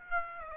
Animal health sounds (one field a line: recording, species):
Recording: mosquito wingbeat signal from an infrared sensor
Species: Aedes aegypti